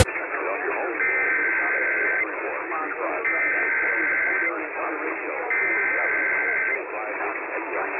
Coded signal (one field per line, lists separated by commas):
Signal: Emergency Alert System (SAME) tones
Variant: header bursts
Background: speech